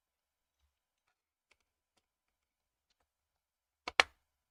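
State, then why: Seated. The bottom cover of an HP EliteBook 840 G6 laptop is refitted onto the chassis after a RAM and storage upgrade. After faint ticks in near silence, a softer click comes just before a sharp, loud snap at 4.0 seconds. The cover snaps into place and is seated.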